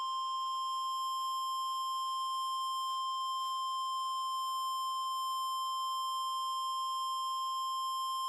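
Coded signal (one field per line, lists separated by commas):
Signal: Emergency Alert System (SAME) tones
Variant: 1050 Hz attention tone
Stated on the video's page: Fictional EAS scenario.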